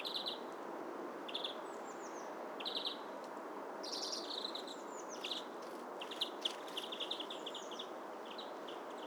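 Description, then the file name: European greenfinch uttering quick chattering trills, sparse at first and then denser toward the end, with faint thin whistled notes and steady hiss behind. "Chloris chloris"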